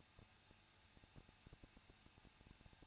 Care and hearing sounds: daily activity, microphone in the room; no activity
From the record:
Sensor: 2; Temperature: 21.0 degrees Celsius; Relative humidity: 37.5%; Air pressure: 1006.3 hPa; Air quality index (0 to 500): 224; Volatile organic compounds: 25 ppm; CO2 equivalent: 2840 ppm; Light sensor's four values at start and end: 2/3/2/2 and 2/3/2/2

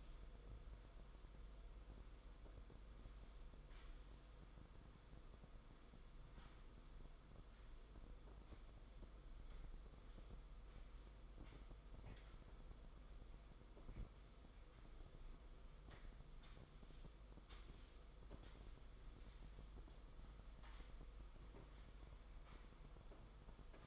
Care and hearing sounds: daily activity, microphone in the room; sweep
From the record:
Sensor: 5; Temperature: 22.3 degrees Celsius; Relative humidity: 52.2%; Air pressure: 990.7 hPa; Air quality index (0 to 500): 163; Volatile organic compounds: 287 ppm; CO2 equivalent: 4452 ppm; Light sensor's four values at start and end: 44/134/51/55 and 44/133/51/55

